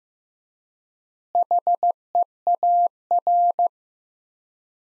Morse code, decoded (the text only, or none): HEAR